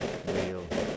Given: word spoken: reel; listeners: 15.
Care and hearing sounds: one English word in noise, from a listening test; noise modulated by three-talker babble; -3.0 dB; 0 of 15; 6 of 15; 0.57 s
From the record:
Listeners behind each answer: 6, 5, 3, 1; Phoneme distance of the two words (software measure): 10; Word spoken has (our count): 1 syllable, 3 phonemes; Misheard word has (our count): 1 syllable, 3 phonemes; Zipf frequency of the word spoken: 3.56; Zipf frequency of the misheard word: 4.51

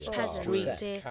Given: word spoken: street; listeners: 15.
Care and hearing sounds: one English word in noise, from a listening test; four-talker babble; -1.3 dB; 0 of 15; 6 of 15; 0.71 s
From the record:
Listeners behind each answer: 6, 1, 1, 1, 1, 1, 1, 1, 1, 1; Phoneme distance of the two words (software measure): 38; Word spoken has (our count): 1 syllable, 5 phonemes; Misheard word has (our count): 2 syllables, 5 phonemes, stress on syllable 1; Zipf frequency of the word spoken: 5.20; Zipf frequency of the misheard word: 3.43

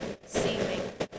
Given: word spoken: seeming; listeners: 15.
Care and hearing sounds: one English word in noise, from a listening test; noise modulated by three-talker babble; -6.6 dB; 5 of 15; 6 of 15; 0.79 s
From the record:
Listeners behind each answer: 6, 5, 1, 1, 1, 1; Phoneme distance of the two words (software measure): 10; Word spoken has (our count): 2 syllables, 5 phonemes, stress on syllable 1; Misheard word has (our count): 2 syllables, 5 phonemes, stress on syllable 1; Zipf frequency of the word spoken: 3.04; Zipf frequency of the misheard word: 4.29

